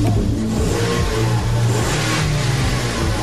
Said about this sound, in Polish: Tak brzmi nowa Toyota Yaris z zewnątrz.